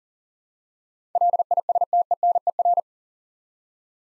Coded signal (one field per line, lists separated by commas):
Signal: Morse code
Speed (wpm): 40 wpm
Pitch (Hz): 700 Hz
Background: none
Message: LISTENER